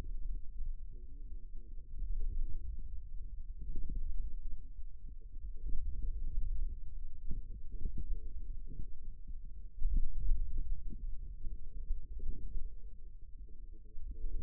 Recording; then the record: forearm muscle sounds (acoustic myography)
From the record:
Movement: hand opening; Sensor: system 2, bracelet of six BSWA MPA416 microphones around the upper forearm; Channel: 2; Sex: male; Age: 22 years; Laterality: right